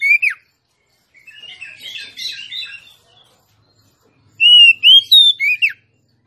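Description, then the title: Oriental magpie-robin song: a falling slurred note, a stretch of scratchy buzzy warbling, silence, then the loud whistled phrase with a downward sweep at the end. Female song, used to lure a male whose singing has stalled into singing and fighting back at once. "Kacer Langsung Tarung Konslet KACER NGOTOT FULL TEMBAKAN. Suara kacer betinamemancing kacer jantan yg macet bunyi"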